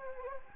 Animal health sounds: mosquito wingbeat signal from an infrared sensor; Anopheles gambiae

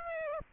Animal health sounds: mosquito wingbeat signal from an infrared sensor; Aedes aegypti

